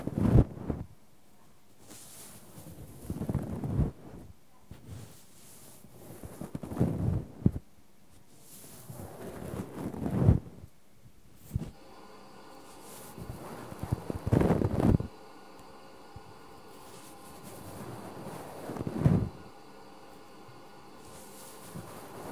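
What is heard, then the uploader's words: Ear cleaning with fluffy, soft tools brushed against the microphone, producing muffled swishes and rustles. The strokes come in separate waves every few seconds, each building and fading, with quiet, near-silent pauses between them and no talking. ASMR Ear Cleaning No Talking Fluffy Soft Ear Picking.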